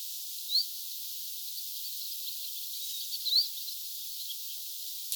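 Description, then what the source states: Common chiffchaff giving two thin rising whistled calls about three seconds apart, against a steady hissing background. Two birds calling, recorded 6 September 2025; call rendered as 'bizt'.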